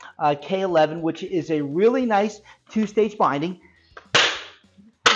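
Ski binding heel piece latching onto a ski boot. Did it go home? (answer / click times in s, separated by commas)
yes / 5.1 s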